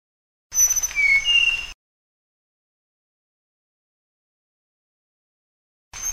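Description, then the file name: Flycatcher with one short phrase of thin, high whistled notes, followed by a long silence and the start of another phrase. "suara burung sikatan sunda. omkicau"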